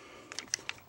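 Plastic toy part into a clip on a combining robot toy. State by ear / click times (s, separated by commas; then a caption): not seated / none. A plastic toy part is pushed into a clip on a combining robot toy, making a few short, light plastic taps and scrapes. The part just goes in without locking, and nothing has clicked or seated.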